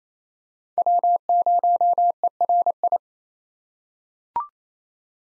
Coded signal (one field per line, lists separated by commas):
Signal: Morse code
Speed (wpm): 28 wpm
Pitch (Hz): 700 Hz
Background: none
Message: W0ERI